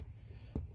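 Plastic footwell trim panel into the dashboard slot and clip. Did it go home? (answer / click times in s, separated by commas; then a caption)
yes / 0.6 s. On a 2013-or-newer Ford Escape, after a cabin air filter change, a plastic footwell trim panel is worked around the carpet, slid up into its dashboard slot and pushed into its clip. Against a low, steady hum, a single sharp snap sounds at 0.6 s as the panel seats in place.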